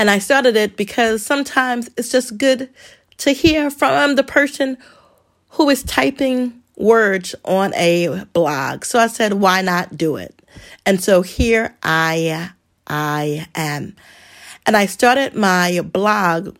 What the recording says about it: I do stutter, so you will hear me stumble upon a word. And over time, I will get that word right. I have been a stutterer all my life.